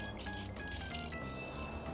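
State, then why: Not seated. A snap-in plastic pipe-system joint is handled against a steel-core, plastic-coated pipe for a ceiling shelf frame inside a Freed+ car, with rattling handling noise and brief knocks at 0.7, 1.0 and 1.6 seconds over music. Nothing has seated or clicked into place yet.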